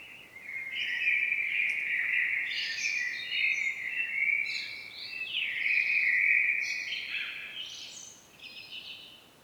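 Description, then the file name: Common blackbird with a long run of mellow, fluty warbling notes interspersed with brief high squeaky flourishes, continuing for several seconds. "Turdus merula"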